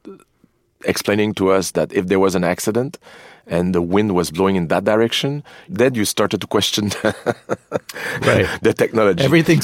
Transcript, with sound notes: explaining to us that if there was an accident and the wind was blowing in that direction, then you started to question (laughter)...
Right.
...The technology.